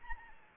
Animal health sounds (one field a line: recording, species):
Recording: mosquito wingbeat signal from an infrared sensor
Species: Anopheles arabiensis